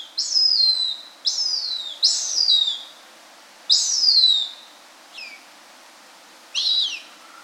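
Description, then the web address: Cooper's hawk calling with high, drawn-out squealing notes that slide downward, given in an uneven series of about six with gaps of varying length, against quiet background. "Birds of the Chicago Region. Cooper's Hawk"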